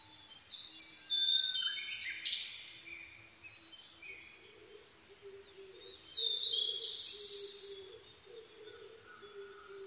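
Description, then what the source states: Blue-and-white flycatcher song: two bright whistled bursts several seconds apart, with a soft, low, repeated hooting tone running beneath. Recorded 22 May 2011 at 04:34.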